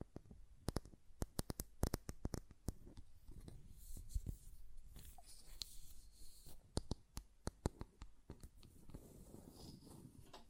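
Sharp, bright clicks and taps on a glass perfume bottle come in quick irregular clusters, busiest in the first three seconds and again around seven to nine seconds. Between taps there is a soft low rumbling and faint scraping.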